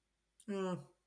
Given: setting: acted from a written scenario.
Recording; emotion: vocal sound without words; neutral